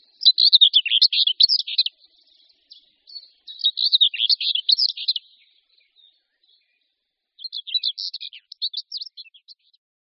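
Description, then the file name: Common whitethroat singing three brisk, scratchy warbled phrases separated by short pauses, in a quiet background. "Pěnice-hnědokřídlá"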